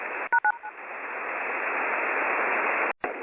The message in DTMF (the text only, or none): #9#9